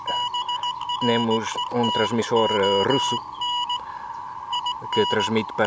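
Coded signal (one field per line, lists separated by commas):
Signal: Morse code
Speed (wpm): 18 wpm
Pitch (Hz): 2900 Hz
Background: speech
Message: BRETON IN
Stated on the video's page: Radiotelegraphy from the SAQ station at Grimeton, Sweden, transmitted with the world's only remaining Alexanderson alternator.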